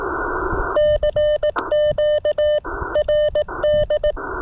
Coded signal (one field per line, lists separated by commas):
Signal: Morse code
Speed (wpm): 18 wpm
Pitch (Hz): 590 Hz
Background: none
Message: CQ RD